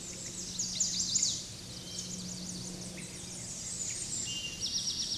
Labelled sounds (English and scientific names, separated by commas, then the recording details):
Chestnut-sided Warbler (Setophaga pensylvanica) song
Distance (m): 15 m
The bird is about level with the microphone
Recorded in a Pennsylvania forest on 16 May 2024 at 08:05
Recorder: AudioMoth, point MSD-1405
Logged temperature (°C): 15.6 °C
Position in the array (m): 178 m, 184 m